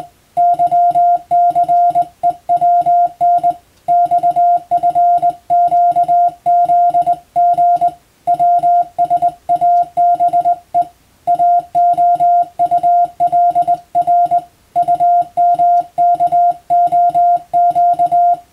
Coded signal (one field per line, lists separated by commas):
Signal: Morse code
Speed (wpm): 20 wpm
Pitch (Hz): 700 Hz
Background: music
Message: YCEWN XFQZG WSABE AOULR UMKOQ